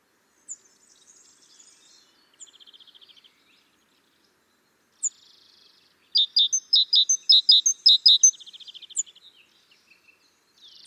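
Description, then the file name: Great tit with faint buzzy churrs first, then a loud fast series of sharp, clipped high notes with a buzzy tail. "Parus major"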